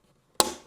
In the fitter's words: clicks into place on this side